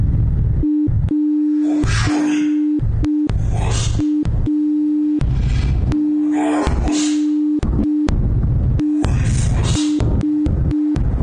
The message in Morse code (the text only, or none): PAGES